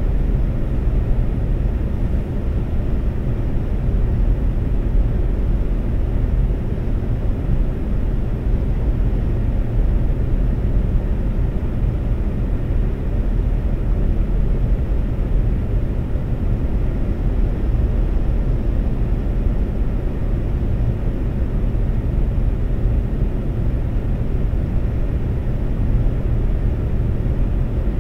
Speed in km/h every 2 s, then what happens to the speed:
132, 132, 132, 132, 132, 132, 132, 132, 132, 132, 132, 132, 132, 132.
0-28 steady at about 132.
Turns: none.